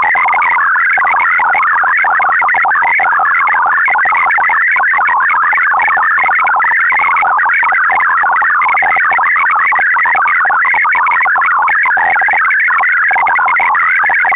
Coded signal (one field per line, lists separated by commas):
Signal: multi-tone FSK (Olivia or MFSK type)